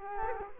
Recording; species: mosquito wingbeat signal from an infrared sensor; Culex quinquefasciatus